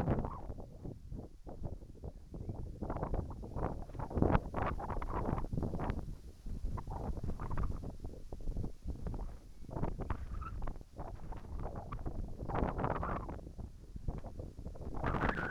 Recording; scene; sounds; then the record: everyday scene through a hearing-aid microphone; wind on the microphone; wind, whistling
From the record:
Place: in front of a rural house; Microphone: behind the ear, right, rear